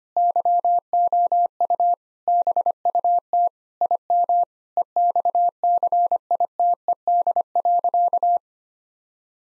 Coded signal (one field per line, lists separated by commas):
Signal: Morse code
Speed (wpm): 25 wpm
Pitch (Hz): 700 Hz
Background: none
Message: YOU BUT IM EXCITED.